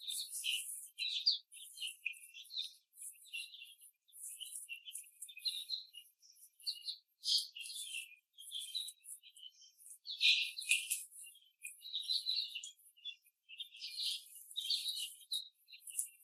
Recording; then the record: young laying hens in a cage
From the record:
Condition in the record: after the stressor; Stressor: simulated dog barking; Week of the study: 3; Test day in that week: 1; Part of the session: 4